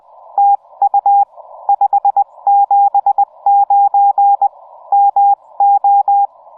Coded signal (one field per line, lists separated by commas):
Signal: Morse code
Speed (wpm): 21 wpm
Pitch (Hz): 810 Hz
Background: none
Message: TU 579 MO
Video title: POTA at Arches National Park, from DELICATE ARCH!